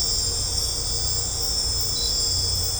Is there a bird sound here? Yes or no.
no